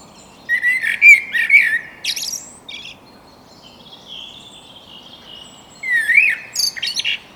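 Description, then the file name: Common blackbird sings two loud warbled phrases with squeaky high flourishes, separated by a quieter gap with faint thin high notes. "Turdus merula"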